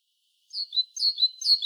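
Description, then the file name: Great tit giving a quick run of several sharp, high notes after a brief silence. "Parus major"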